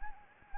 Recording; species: mosquito wingbeat signal from an infrared sensor; Anopheles arabiensis